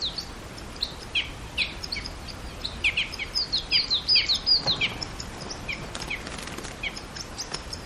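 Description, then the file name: Red crossbill calls: short, sharp, high chips in quick series, thickest near the middle, then scattered notes over faint steady noise. "isuka"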